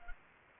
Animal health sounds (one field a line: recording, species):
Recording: mosquito wingbeat signal from an infrared sensor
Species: Anopheles gambiae